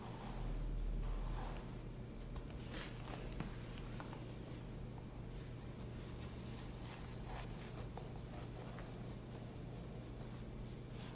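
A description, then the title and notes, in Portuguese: A scalp massage: dense, scratchy rustling strokes over a constant low hum, with brief brighter scrapes recurring every second or so throughout. ASMR de massagem completa no seu couro cabeludo.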